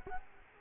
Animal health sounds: mosquito wingbeat signal from an infrared sensor; Culex quinquefasciatus

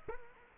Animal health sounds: mosquito wingbeat signal from an infrared sensor; Culex quinquefasciatus

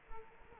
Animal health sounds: mosquito wingbeat signal from an infrared sensor; Culex quinquefasciatus

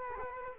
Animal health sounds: mosquito wingbeat signal from an infrared sensor; Culex quinquefasciatus

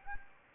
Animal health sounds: mosquito wingbeat signal from an infrared sensor; Anopheles gambiae

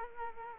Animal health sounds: mosquito wingbeat signal from an infrared sensor; Culex quinquefasciatus

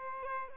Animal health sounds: mosquito wingbeat signal from an infrared sensor; Aedes albopictus

